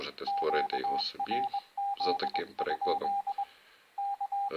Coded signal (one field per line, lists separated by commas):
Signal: Morse code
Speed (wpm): 21 wpm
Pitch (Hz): 800 Hz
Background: speech, radio noise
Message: QRZ? K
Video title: Morse code by UR5GAW. Вивчення коду Морзе ефірним методом від UR5GAW. Урок 2